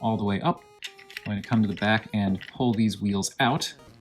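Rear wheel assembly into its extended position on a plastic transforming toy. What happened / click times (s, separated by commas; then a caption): Handled, not yet home: no seating click before the clip ends / none. Someone talks while handling the Regent vehicle of a plastic combining robot toy, starting to pull the rear wheel assembly out toward its extended position. Faint light plastic handling sounds sit under the voice. Nothing has clicked or seated yet when the clip ends.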